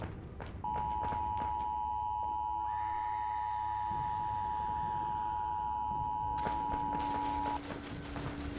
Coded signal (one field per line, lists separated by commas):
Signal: Emergency Alert System (SAME) tones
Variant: 853 and 960 Hz attention tone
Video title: 096 - SCP EAS Scenario [A Short Film Project]